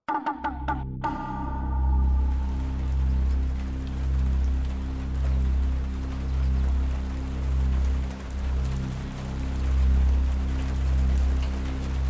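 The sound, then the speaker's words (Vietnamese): Steady afternoon rain at a café patters and hisses without a break, over a deep, sustained humming drone. A few sharp clicks sound at the very start, and no one speaks. “Buổi chiều mưa cho nên quán có vẻ khá vắng.”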